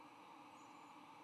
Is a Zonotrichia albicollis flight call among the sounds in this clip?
no